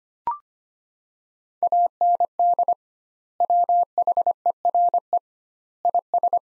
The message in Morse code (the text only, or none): AND WHERE IS